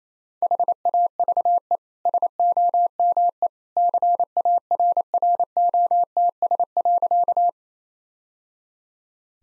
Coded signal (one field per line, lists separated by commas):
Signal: Morse code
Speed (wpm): 28 wpm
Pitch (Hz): 700 Hz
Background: none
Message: HAVE SOME CARROTS.